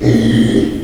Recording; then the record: squeal of a Yucatan mini pig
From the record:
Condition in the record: after surgery on the right vocal fold (resection and tissue-engineered implant); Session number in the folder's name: 2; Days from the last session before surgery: 13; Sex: male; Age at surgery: 12 weeks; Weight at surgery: 13 kg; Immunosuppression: cyclosporine, prednisolone